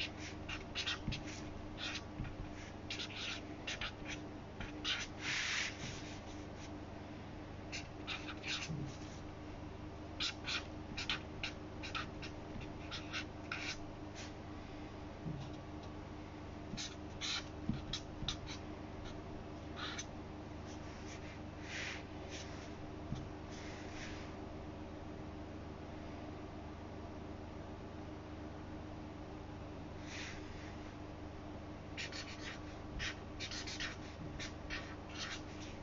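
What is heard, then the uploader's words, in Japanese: Someone copies out a passage by hand, pen scratches and small clicks coming in quick bursts over a steady, low hum. 本の「はじめに」ないしそれに当たる部分だけを読み、印象に残った一節を書き写しているときの音です。本の「はじめに」だけを読み、印象に残った一節を書き写す。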